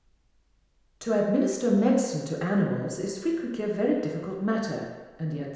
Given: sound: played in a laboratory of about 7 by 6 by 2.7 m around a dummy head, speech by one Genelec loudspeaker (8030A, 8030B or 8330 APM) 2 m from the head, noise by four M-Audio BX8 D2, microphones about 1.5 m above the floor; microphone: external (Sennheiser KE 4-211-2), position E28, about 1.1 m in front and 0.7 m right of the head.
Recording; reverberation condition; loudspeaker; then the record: female speech in English; high; 60 degrees to the right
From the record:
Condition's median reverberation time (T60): about 1300 ms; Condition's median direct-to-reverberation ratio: about -4.0 dB